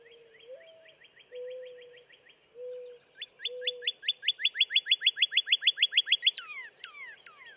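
Northern cardinal song: a soft run of whistled notes, then a loud, rapid, even series of slurred whistles, ending in falling slides; low steady tones before.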